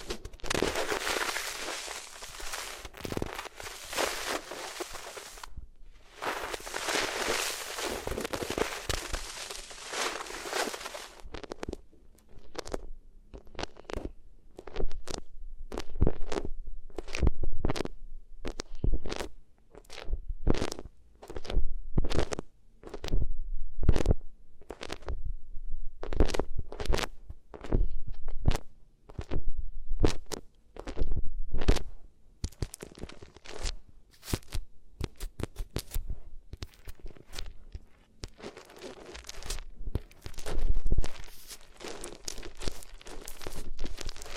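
Ears being rubbed against different materials. For the first ten seconds there is a dense, steady scraping hiss with a short break near six seconds, then it turns into a run of quick separate rubs and thumps, irregular but frequent, with muffled low rumbling underneath.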